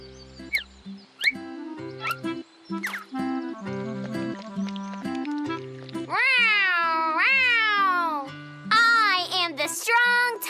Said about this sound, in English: Here's a cat in need of help.